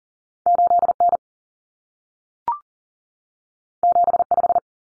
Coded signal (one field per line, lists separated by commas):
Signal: Morse code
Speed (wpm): 40 wpm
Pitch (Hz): 700 Hz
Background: none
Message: 8N 75